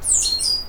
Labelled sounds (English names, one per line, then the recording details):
Stitchbird song
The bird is a male
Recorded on Tiritiri Matangi Island, New Zealand, in 2005
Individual 12, of nest box 16